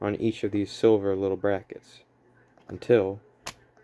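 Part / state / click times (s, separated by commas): lens standard bracket struts folding into a folding camera body / seated / 3.5 s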